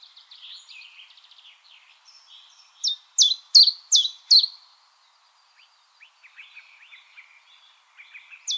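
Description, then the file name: Common chiffchaff gives five loud, clipped downslurred notes in the middle, amid softer, rambling twittering. "Golosa ptic - Penochka-tenkovka Phylloscopus collybita"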